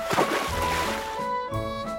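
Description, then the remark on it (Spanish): A hippopotamus dives headfirst into a lagoon with a broad splash, followed by sloshing and a second surge of water, all over a steady, sustained musical tone. “tomando aire mezclado con valor, se tira de cabeza al agua.”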